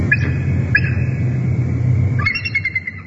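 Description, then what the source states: Bald eagle calls: two short high chirps, then a longer piping chitter of repeated notes, over a loud low rumble that eases during the chitter. Bald eagles at a nest in the Big Bear Valley, watched on a round-the-clock live-stream webcam.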